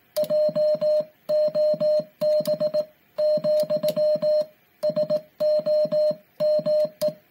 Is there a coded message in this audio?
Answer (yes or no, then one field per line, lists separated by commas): yes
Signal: Morse code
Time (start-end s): 0.2-7.1 s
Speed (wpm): 18 wpm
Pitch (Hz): 610 Hz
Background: music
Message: JOB, SO ME